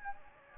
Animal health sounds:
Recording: mosquito wingbeat signal from an infrared sensor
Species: Anopheles gambiae

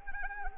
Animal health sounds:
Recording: mosquito wingbeat signal from an infrared sensor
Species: Anopheles arabiensis

